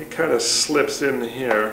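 A tripod quick-release camera mount is slid by hand into its stand while someone talks. The plate is still being handled and nothing has seated or clicked yet.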